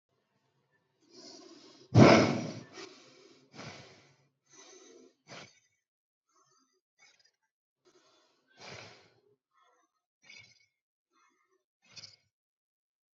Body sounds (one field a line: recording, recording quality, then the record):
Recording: shallow breathing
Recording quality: excellent, no background noise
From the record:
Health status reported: healthy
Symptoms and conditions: none ticked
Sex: male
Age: 36 years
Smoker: not ticked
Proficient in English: yes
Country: India